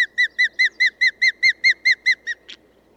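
Bird song of a dozen evenly repeated, arched whistled notes that fade at the end into one short rasping note.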